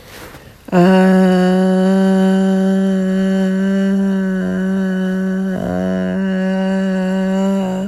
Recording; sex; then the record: sustained vowel /a/; female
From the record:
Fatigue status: no fatigue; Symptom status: asymptomatic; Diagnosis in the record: COVID-19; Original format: m4a